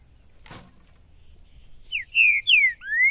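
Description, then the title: Green-winged saltator: after a single click, a brisk run of three or four loud whistled notes, the last one a long rising slur. Two trinca-ferro birds taken to the woods in 2022; calling, singing and macheando (male display song); used to warm up a bird and open its song for singing competition. "ESQUENTAR Seu TRINCA Piando, Cantando E Macheando Na DISPUTA. LEVEI 2 TRINCA FERRO NO MATO!! ABRIR O CANTO DO TRINCA FERRO!! 2022!"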